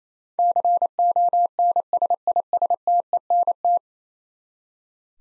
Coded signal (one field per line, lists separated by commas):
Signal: Morse code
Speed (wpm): 28 wpm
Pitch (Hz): 700 Hz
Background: none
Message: CONSISTENT